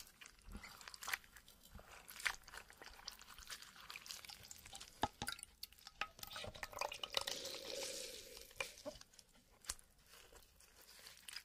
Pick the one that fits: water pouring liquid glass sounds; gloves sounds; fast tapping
water pouring liquid glass sounds